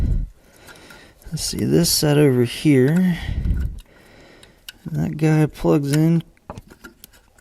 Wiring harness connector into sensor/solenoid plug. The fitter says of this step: had an audible click felt good